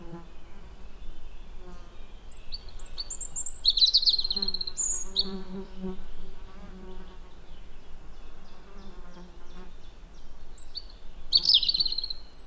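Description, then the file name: European robin giving thin, high, twittering phrases in short bursts, one before the middle and another near the end, over a steady low droning buzz. "Erithacus rubecula"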